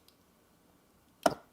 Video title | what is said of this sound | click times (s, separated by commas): How to Build A PC Full Tutorial | pushing it all the way in until I hear that click both | 1.3 s